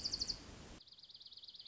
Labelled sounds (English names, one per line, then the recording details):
Dark-eyed Junco
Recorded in Sonoma County, California